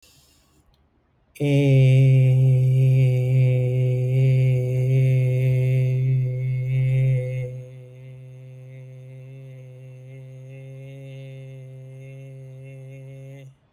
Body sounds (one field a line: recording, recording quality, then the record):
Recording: sustained vowel as in made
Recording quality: excellent, no background noise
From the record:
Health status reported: respiratory illness, not identified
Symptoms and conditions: asthma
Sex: male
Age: 39 years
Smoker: not ticked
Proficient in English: yes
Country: India